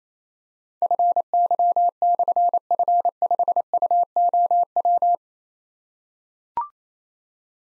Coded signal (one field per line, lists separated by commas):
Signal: Morse code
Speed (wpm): 27 wpm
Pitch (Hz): 700 Hz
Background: none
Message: FY/F5UOW